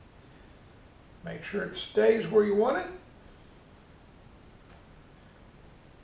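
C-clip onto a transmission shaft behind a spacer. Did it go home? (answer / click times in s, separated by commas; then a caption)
no / none. A steel C-clip is handled on a shaft behind a spacer during a C4 automatic transmission rebuild, ready to be pushed into its groove. Someone talks from about 1.2 to 3.0 s, then only low background hiss remains. Nothing has seated or clicked yet.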